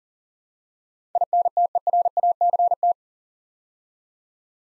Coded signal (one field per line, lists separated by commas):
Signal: Morse code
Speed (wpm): 38 wpm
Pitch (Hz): 700 Hz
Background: none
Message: INTERACT